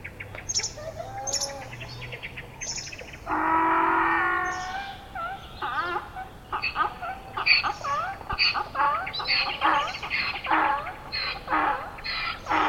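Donkey bray: a long harsh heave followed by a run of short wheezing gasps, with some squeaky chirps before it.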